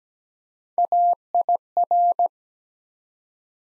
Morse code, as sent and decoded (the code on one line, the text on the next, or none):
.- .. .-.
AIR